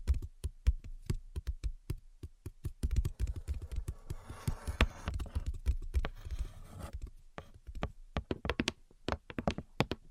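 Invisible tapping and scratching: quick, sharp taps fall in irregular bursts throughout, some clustered fast, others spaced apart. Between about three and seven seconds a rough, hissy scratching runs under the taps, then the sound returns to crisp, separate tapping.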